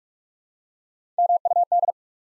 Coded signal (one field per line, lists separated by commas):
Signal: Morse code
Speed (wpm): 44 wpm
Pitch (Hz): 700 Hz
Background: none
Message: MUD